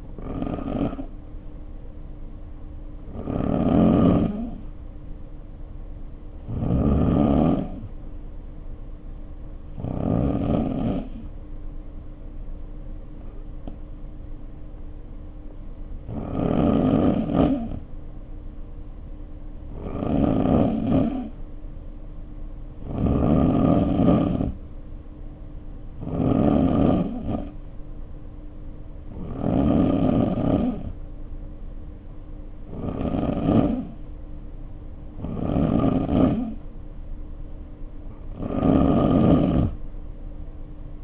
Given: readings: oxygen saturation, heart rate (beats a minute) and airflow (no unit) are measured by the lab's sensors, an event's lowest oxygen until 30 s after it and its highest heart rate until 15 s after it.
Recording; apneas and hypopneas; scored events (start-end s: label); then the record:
breathing in sleep by a smartphone at the bedside; none
none scored
From the record:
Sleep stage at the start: N2 (light sleep); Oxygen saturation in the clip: 89 to 92%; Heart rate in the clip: 52 to 61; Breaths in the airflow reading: 13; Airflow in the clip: -2.0 to 2.2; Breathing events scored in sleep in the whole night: 520 in 7.2 hours asleep